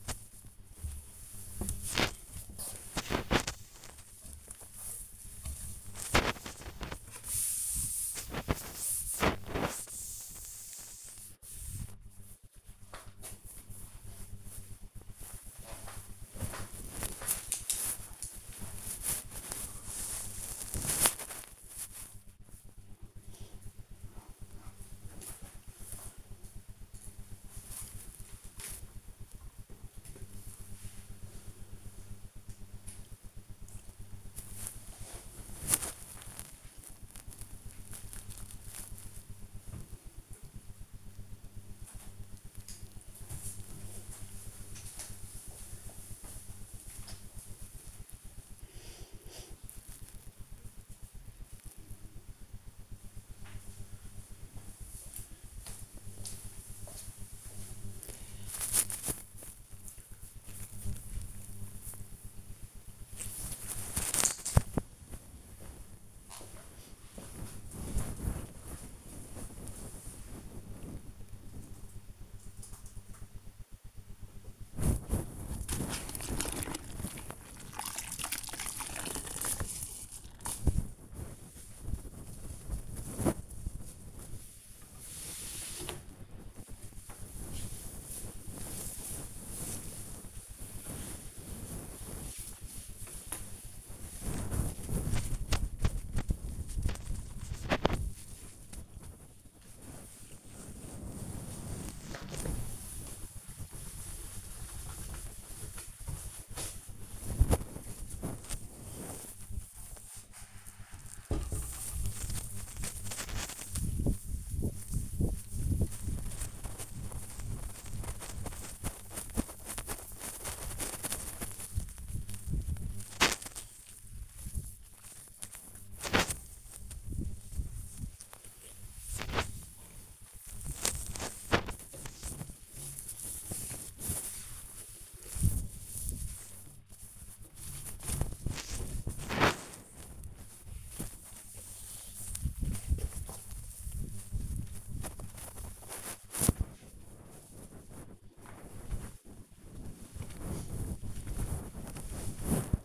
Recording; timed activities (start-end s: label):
household activities, microphone on the right wrist
0.00-13.47 s: cleaning shelf
73.66-147.90 s: cleaning door